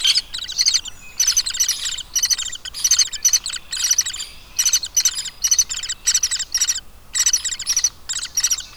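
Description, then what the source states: Hairy Woodpecker nestlings giving high, rasping chatter in regular repeated bursts, steady throughout. Baby woodpeckers calling at the nest.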